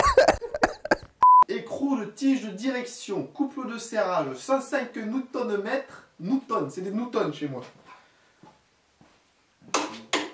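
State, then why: Torque reached. A torque wrench set to 105 N·m tightens the steering stem nut on a motorcycle, and the nut is already tight, so the wrench clicks almost straight away. Someone talks for most of the clip with a brief beep near the start. The wrench clicks at its setting at 9.7 s and again at 10.1 s, meaning the nut is good.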